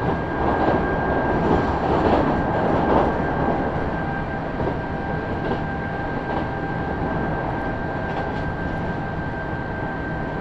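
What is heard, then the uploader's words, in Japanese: A Kintetsu Osaka Line express train runs from Nabari toward Yamato-Asakura, a steady, dense rumble that holds level throughout. A thin, high whine sits constantly above the roar, with brief rhythmic clatters around two to three seconds in and faint ticks later. 近鉄大阪線 急行 名張→大和朝倉。平日のお昼時、そろそろ学生の乗り降りが始まりそうな時間帯です。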